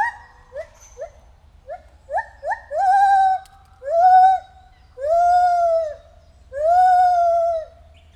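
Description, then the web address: White-handed gibbon giving quick rising hoots that grow into long, loud, arched wailing notes. At Debrecen Zoo in 2019, during our first encounter. "allathangok debrecenizoo 2019. feherkezu gibbon"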